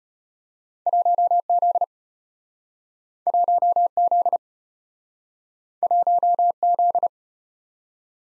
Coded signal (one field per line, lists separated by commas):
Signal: Morse code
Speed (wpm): 35 wpm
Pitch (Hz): 700 Hz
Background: none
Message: 1Z 1Z 1Z